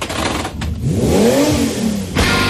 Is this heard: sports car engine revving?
yes